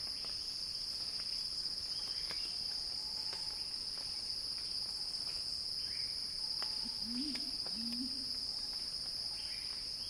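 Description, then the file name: Cicadas drone steadily at a high pitch; a pair of low, soft hoots appear toward the end. Cicada song described as a crescendo. "earth-fm Cicada-Crescendo-Sounding-Wild"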